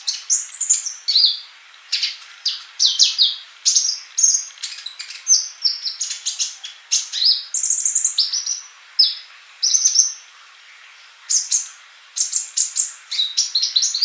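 Bird song, a rapid run of bright, high whistled and chirped notes, some sliding down, with brief pauses between phrases.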